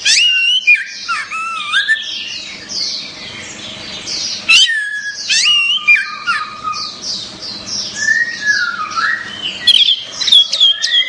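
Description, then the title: Orange-headed thrush giving a long, rich song of mixed whistles, slurs and chatter, the phrases changing constantly with brief sharp accents. "Anis Merah"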